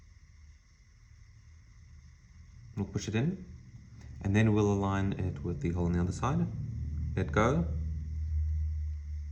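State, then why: Not seated. A watch strap's metal spring bar is pushed down and lined up with the lug hole in a smartwatch case, then pushed in. Someone talks throughout over a low steady hum. Nothing has seated or clicked yet.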